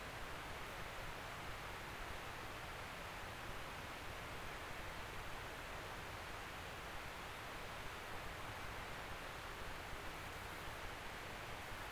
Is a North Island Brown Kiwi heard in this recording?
no